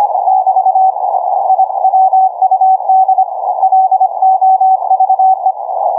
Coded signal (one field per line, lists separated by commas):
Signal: Morse code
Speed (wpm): 25 wpm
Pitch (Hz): 760 Hz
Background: none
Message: <BT> I WUD LOVE